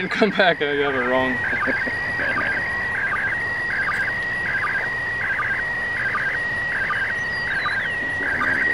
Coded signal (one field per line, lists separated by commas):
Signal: SSTV (slow-scan television)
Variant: PD 180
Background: speech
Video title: Failed ISS Slow Scan TV!